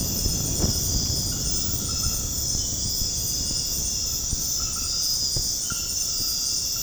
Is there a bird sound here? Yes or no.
no